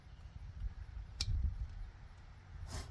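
A plastic wiring-harness connector is pushed onto the MAP sensor, the same way as the injector connectors, and seats with a single sharp click at 1.2 s. A low background rumble runs throughout, and a brief broadband hiss follows near 2.7 s. The connector is clicked in and seated.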